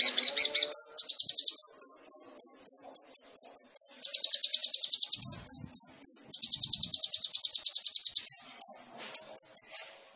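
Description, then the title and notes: Sunbird song: long rapid trills of very high repeated notes alternate with short bursts of sharp squeaky chips, lively and continuous. Masteran for songbirds, used as a lure to prompt singing; full of isian (filler phrases) and tembakan (shots); the bird is gacor, singing actively. "MASTERAN KOLIBRI NINJA FULL ISIAN DAN TEMBAKAN COCOK BUAT PANCINGAN. Suara Burung Kolibri Ninja Gacor"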